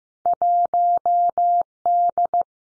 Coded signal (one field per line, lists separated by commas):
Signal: Morse code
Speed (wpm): 15 wpm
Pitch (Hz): 700 Hz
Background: none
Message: 1D